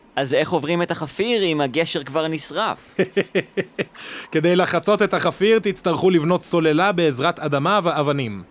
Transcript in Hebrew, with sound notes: אז איך עוברים את החפיר אם הגשר כבר נשרף?
(צוחק) כדי לחצות את החפיר תצטרכו לבנות סוללה בעזרת אדמה ואבנים.